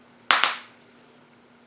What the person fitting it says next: And you could hear that snap. It really secures it on there well.